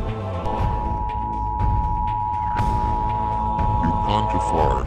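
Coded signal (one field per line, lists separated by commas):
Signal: Emergency Alert System (SAME) tones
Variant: 853 and 960 Hz attention tone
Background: speech, music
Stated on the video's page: Fictional EAS scenario trailer.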